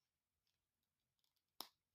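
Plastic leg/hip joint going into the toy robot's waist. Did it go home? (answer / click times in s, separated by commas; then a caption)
partly / 1.6 s. A plastic hip and leg joint is pushed into the waist of a transforming robot toy, with faint light ticks of handling before a single sharp plastic click at 1.6 s that decays quickly. The joint clicks but is still not fully seated.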